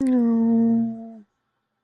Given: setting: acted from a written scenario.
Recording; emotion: vocal sound without words; sympathy